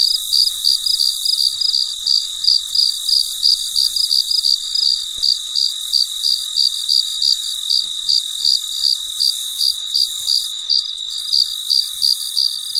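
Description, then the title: Cricket chirping, steady high-pitched short chirps about three per second, over a continuous high hiss. Late at night, in deep quiet. "深夜录制蟋蟀昆虫声"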